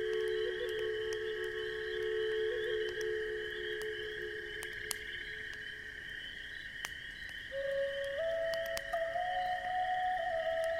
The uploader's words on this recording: Native American Flute Music by an Autumn Campfire. Sitting near the crackling campfire on this crisp autumn evening, I am serenaded by the hauntingly beautiful sounds of a Native American flute.